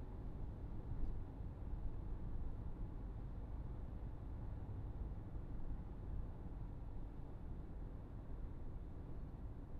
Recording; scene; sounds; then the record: everyday scene through a hearing-aid microphone; in a vehicle; engine, traffic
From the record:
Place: Berlingo II, diesel engine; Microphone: behind the ear, right, rear